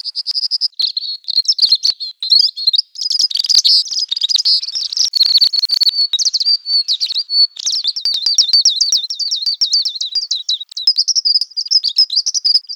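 Bird song, a continuous high varied warble of quick twittering and slurred notes, changing phrases throughout.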